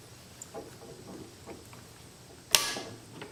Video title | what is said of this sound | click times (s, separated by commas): Remounting scope bases and scope rings on your budget rifle | you hear the click that means it's torqued down to 40 inch pounds okay | 2.5 s